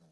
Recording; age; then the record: pig call; piglet (1 to 25 days)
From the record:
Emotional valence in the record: positive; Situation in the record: short reunion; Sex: male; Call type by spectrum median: low-frequency call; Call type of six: low-frequency stable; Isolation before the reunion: 3 minutes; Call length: 0.12 s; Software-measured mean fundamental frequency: 82 Hz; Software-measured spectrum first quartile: 178 Hz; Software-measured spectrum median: 465 Hz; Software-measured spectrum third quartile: 2335 Hz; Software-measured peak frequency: 169 Hz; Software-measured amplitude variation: 36 dB a second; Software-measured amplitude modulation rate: 8.3 a second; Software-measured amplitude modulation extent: 4.3 dB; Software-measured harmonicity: 7.5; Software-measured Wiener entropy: -2.66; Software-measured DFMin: 667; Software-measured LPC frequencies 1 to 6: 4022, 5019, 6178, 7267, 8370, 8980 Hz